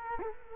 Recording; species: mosquito wingbeat signal from an infrared sensor; Culex quinquefasciatus